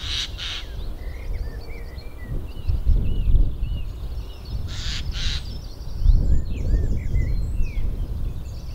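Eurasian jay uttering two raspy, doubled screeches several seconds apart, with other birds twittering and gusty wind noise throughout.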